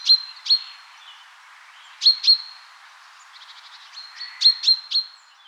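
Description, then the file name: Common chaffinch giving crisp 'pink' calls in pairs and a final triplet, with a faint, rapid series of notes between them. "Fringilla coelebs"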